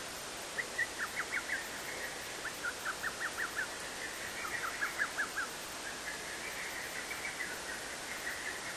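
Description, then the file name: Little cuckoo song: faint rapid runs of short clipped notes repeating almost continuously, phrases running into one another against steady hiss. "little cuckoo"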